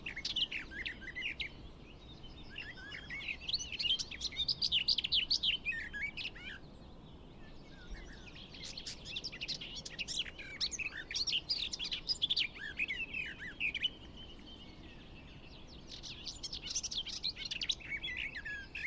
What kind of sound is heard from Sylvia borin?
song